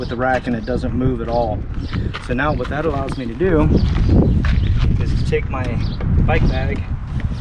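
Someone talks while handling a bike bag that is about to slide into the track of a rear bike rack. A few short knocks are heard around 4.5 s and again near 7.2 s. The clip ends before the bag goes home, so nothing has seated or clicked yet.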